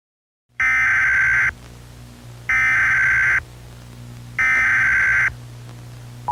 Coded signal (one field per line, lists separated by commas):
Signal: Emergency Alert System (SAME) tones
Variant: header bursts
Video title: This is the End - End of the World EAS Scenario